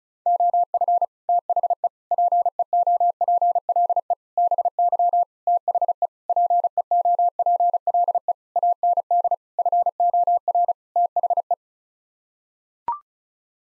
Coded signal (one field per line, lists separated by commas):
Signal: Morse code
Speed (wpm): 36 wpm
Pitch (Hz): 700 Hz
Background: none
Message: OF THE PEOPLE BY THE PEOPLE AND FOR THE